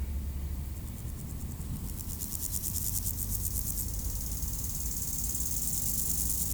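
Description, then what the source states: Grasshopper buzzing song: rapid pulsed high trill starting after two seconds, then a steady high hiss of insects, over a low constant traffic rumble. Beside road D633 at Aveize, France, with passing cars; recorded with a Sony PCM-M10 in AB microphone position.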